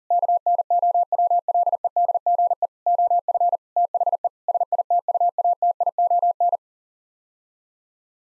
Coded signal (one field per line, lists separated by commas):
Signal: Morse code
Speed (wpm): 37 wpm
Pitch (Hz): 700 Hz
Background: none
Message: KNOWLEDGE OF THE SITUATION